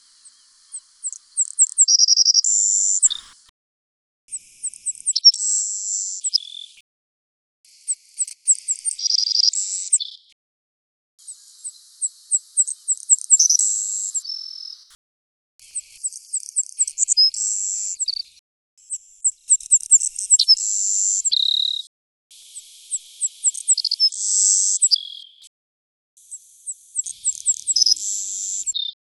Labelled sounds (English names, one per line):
Savannah Sparrow song